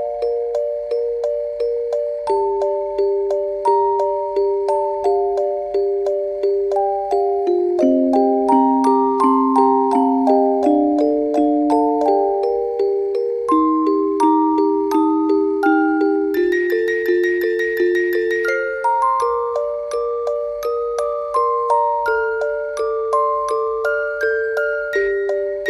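A wind-up music box plays a simple melody of bright, plucked metal notes at a steady, unhurried pulse, in a quiet room. Around the middle, a short run of higher, tinkling notes rings out before the tune settles back.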